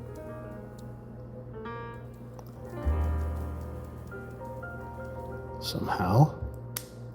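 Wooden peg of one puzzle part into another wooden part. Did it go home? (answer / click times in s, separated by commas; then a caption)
yes / 6.8 s. The wooden peg on puzzle part B16 is pushed into wooden part A41 after some fiddling, with background music playing and someone talking. Handling and rubbing noises build up before the peg seats with a sharp click at 6.8 s, and the peg is confirmed seated.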